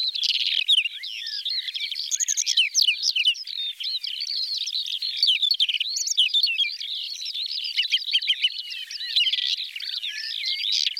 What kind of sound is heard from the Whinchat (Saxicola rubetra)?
song